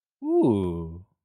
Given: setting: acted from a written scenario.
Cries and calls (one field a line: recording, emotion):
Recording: vocal sound without words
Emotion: interest